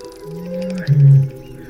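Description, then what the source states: Eurasian bittern booming: a deep, drawn-out low hum that swells briefly into a louder boom before fading. Male's love call, likened to the drawn-out sound of a distant foghorn.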